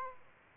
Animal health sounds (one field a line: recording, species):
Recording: mosquito wingbeat signal from an infrared sensor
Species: Culex quinquefasciatus